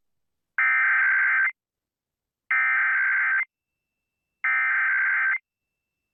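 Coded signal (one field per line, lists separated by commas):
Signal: Emergency Alert System (SAME) tones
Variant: header bursts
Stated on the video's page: Severe thunderstorm warnings and Pennsylvania Required Monthly Test catches; the last alert has a rendering glitch producing a bad noise.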